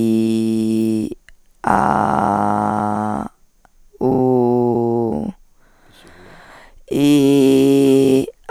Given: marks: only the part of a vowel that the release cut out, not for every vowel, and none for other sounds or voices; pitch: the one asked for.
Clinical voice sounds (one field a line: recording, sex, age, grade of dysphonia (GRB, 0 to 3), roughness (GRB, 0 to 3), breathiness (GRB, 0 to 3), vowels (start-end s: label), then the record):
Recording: sustained vowels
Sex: female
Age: 20 to 29 years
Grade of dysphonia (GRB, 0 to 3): 3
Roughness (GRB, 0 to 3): 3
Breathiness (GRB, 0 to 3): 1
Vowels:
0.00-0.92 s: vowel /i/, normal pitch
1.76-3.02 s: vowel /a/, normal pitch
4.10-5.06 s: vowel /u/, normal pitch
7.08-8.03 s: vowel /i/, high pitch
From the record:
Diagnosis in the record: hyperfunctional dysphonia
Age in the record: 28 years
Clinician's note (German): Ausgeprägt (eventuell noch unterschwellige Laryngitis)